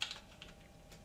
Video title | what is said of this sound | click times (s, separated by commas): Bandai 172 Master Grade Millennium Falcon Part 4 | so there's your radar mail again nice little click and the pop seals | 0.0 s